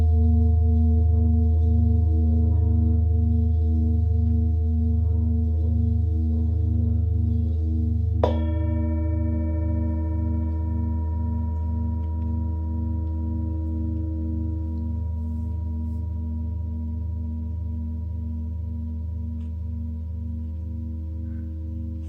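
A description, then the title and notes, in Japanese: Singing bowls ring in a steady, low, layered drone with a slow pulsing beat throughout. Around eight seconds a bowl is struck, adding a bright, clear ring with higher overtones that sustains and slowly fades, while the whole sound gradually softens toward the end. シンギングボウルサウンドヒーリング。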